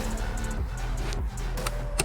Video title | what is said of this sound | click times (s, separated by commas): 2001 BMW 330 Xi 3.0L Rubber Hoses Final Install (pt. 2) | and hear it click test to make | 2.0 s